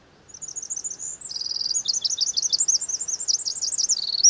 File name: Troglodytes troglodytes